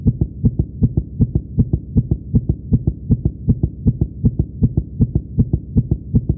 Heart beat very fast.